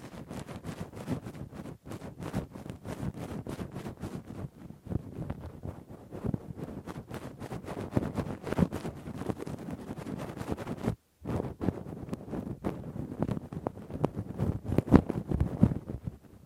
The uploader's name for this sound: Intense Rough Deep Ear Cleaning w Q-tip, Ear Pick